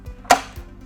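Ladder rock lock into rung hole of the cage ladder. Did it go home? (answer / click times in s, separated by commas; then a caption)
yes / 0.3 s. A metal rock lock on the Little Giant adjustable safety cage ladder is locked into a rung hole, with the bottom of the ladder in position. There is a sharp metallic snap at 0.3 s as the lock seats, followed by a softer low thump near 0.6 s. Someone talks.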